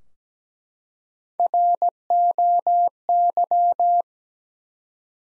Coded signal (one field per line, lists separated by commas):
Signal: Morse code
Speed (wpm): 17 wpm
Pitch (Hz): 700 Hz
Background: none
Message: ROY